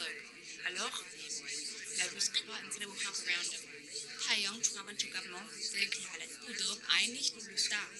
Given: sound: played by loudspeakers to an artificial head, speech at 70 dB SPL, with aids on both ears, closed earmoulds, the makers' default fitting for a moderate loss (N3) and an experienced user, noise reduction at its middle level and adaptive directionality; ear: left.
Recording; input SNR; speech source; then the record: speech test signal (ISTS) in cocktail-party noise; -3 dB; in front (0 degrees)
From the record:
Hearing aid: class 1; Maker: H